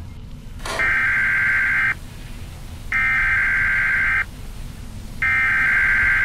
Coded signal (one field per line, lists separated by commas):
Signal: Emergency Alert System (SAME) tones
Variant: header bursts